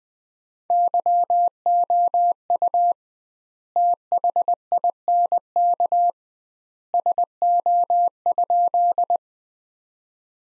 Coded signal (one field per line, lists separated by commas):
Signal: Morse code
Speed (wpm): 20 wpm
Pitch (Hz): 700 Hz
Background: none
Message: YOU THINK SO?